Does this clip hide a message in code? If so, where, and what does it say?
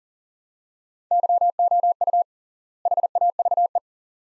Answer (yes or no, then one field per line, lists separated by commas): yes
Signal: Morse code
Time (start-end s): 1.1-3.8 s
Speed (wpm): 40 wpm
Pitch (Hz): 700 Hz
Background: none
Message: YOU HAVE